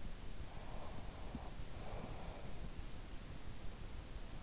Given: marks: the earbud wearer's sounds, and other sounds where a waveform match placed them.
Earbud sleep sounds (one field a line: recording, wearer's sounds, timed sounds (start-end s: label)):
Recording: sounds in sleep by an in-ear microphone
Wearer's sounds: breath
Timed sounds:
1.75-3.29 s: breath